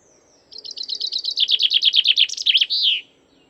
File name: suara chaffinch